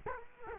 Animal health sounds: mosquito wingbeat signal from an infrared sensor; Culex quinquefasciatus

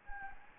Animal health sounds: mosquito wingbeat signal from an infrared sensor; Anopheles gambiae

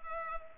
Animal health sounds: mosquito wingbeat signal from an infrared sensor; Culex pipiens

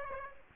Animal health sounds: mosquito wingbeat signal from an infrared sensor; Aedes aegypti

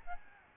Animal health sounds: mosquito wingbeat signal from an infrared sensor; Aedes albopictus

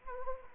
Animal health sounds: mosquito wingbeat signal from an infrared sensor; Anopheles gambiae

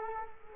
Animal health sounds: mosquito wingbeat signal from an infrared sensor; Culex quinquefasciatus

